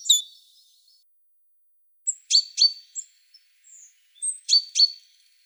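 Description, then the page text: Great tit calls: short sharp high notes in small clusters of about three, with a few thin whistled notes between them and silent pauses. "Большая синица - Синица"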